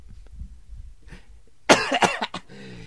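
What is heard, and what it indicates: A short cluster of two or three forceful coughs from an adult man in a quiet room. The cough is lingering, from having strained his voice shouting the day before.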